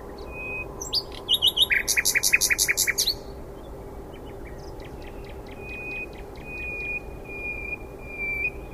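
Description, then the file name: Common nightingale song: a thin whistle, a loud burst of rapid repeated pulses, then quieter clicks and thin held whistles. "Luscinia megarhynchos"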